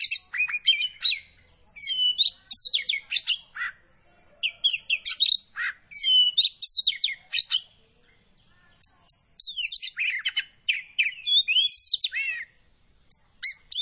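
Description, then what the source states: Oriental magpie-robin song: long runs of varied whistles and harsh chips, a quieter gap of about a second midway, then renewed rapid phrases. Poci variety of kacer (magpie-robin), singing vigorously in the gacor style.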